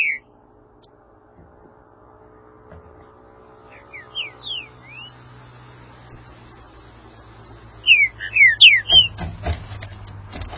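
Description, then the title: Green-winged saltator song: whistled slurred notes at four seconds, then a louder phrase near eight seconds, with steady low hum and rustling noise at the end. "Trinca Ferro"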